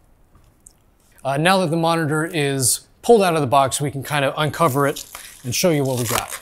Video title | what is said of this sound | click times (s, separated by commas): Unboxing the XG270 27” ViewSonic ELITE Gaming Monitor | you'll hear it click into place then take that handle and pull the whole monitor up | 0.7 s